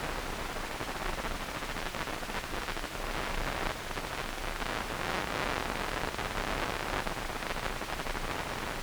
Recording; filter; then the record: brain microelectrode recording played as sound; wide band, above 20 Hz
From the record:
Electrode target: subthalamic nucleus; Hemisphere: right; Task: reaching with the left hand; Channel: 2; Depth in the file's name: 1.506 mm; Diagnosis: Parkinson's disease